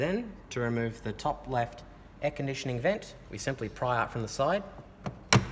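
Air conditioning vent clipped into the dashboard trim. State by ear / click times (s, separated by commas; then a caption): released / 5.3 s. Someone talks while the top left air conditioning vent on a Nissan LEAF, clipped into the dashboard trim, is pried out from the side during instrument cluster removal for an English language conversion. A sharp click at 5.3 s marks the vent's retaining clip letting go and the vent popping free of the dashboard.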